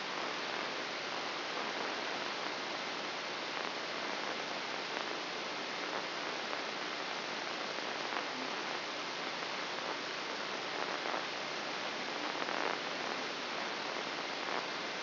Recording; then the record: brain microelectrode recording played as sound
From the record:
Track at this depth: inside the subthalamic nucleus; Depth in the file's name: 3.313 mm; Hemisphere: left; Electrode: 3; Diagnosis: Parkinson's disease